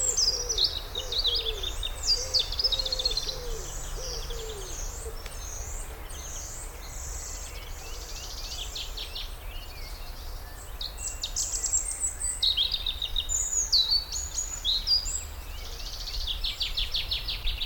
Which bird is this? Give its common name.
Common Chaffinch